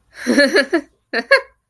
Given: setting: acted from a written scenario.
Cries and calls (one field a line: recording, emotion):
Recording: vocal sound without words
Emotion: amusement